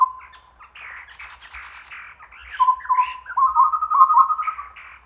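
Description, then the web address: Chestnut-rumped babbler calls: a whistled note, then rough buzzy chatter and a run of quick hollow notes near one pitch, with higher rising slurs over them. Recorded at Danum on 1 April 2006. "DANUM 20060401. chestnut-rumped babbler"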